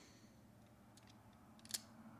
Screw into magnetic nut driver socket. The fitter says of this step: you can see that snap right into place it's definitely going to hold in place not a problem with that